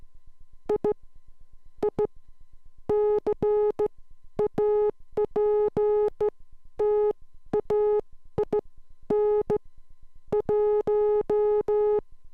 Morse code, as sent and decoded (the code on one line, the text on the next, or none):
.. / .. / -.-. .- .--. - .- .. -. / .----
I I CAPTAIN 1